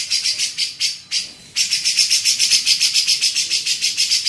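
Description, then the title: Grey-cheeked bulbul chatter of quick, evenly spaced harsh notes; a short pause early on, then a steady rapid series. Masteran training recording used to tutor songbirds. "MASTERAN CUCAK JENGGOT"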